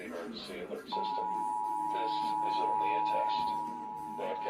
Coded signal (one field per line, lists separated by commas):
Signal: Emergency Alert System (SAME) tones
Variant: 853 and 960 Hz attention tone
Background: speech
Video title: The ULTIMATE EAS Alert Iceberg Explained [Parts 1-2]